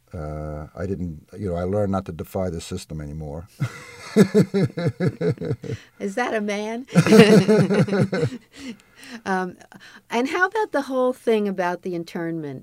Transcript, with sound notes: I didn't — you know, I learned not to defy the system anymore! [Laughs]
Is that a man? And how about the whole thing about the internment?